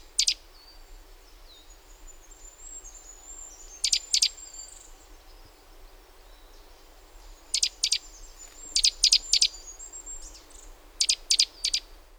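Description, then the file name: Great tit calls: sharp, high, clipped notes in pairs and short bursts, spaced irregularly with long gaps, over a thin, faint high whistle in the background. "Parus major"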